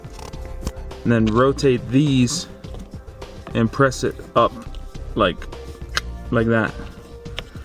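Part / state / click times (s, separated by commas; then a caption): tweeter speaker into its trim mount in a pickup truck / seated / 7.4 s. Someone talks while a tweeter speaker assembly in a 2016-2024 Ford F-150 pickup truck is rotated and pressed up into its plastic mounting spot in the door or dash trim. A sharp snap at 7.4 seconds marks the tweeter locking into place, seated in its trim mount.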